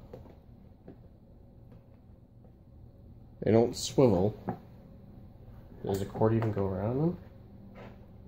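A power cord is handled at the cord holder of a McCullock MC1375 steam cleaner, with faint ticks near 0.1 s and 0.9 s over a quiet background. Someone talks between about 3.5 and 7.1 s. Nothing has clicked or locked into place yet.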